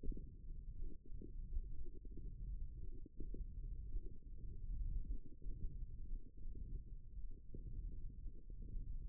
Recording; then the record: forearm muscle sounds (acoustic myography)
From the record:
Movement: hand opening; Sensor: system 1, eight BSWA MPA416 microphones around the upper forearm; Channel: 4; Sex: female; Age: 22 years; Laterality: right